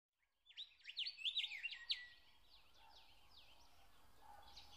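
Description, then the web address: Nightingale song: a quick burst of loud, looping, whistled notes lasting about a second and a half, trailing into quieter repeated phrases and birdsong. Song recorded in spring. "spiew slowika wiosna"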